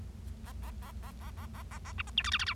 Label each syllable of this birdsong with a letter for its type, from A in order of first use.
A A A A A A A A A B C D E F F G